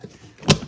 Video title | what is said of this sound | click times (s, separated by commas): How to CHANGE THE CABIN FILTER on a BMW X4 M40i (2014-2017 F26) - or X3 (2000-2016 F25) | Snap them in. | 0.5 s